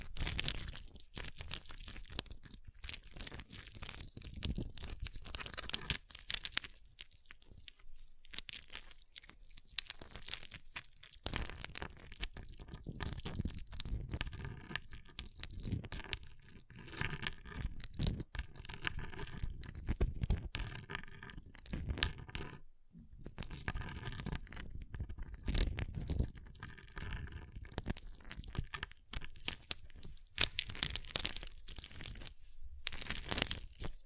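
Ice being scratched, tapped and carved, with gritty crunching scrapes that come in dense, uneven bursts throughout. Sharp clicks and taps punctuate the grinding, with short pauses near eight, eleven and twenty-three seconds. A few passages carry a faint ringing tone.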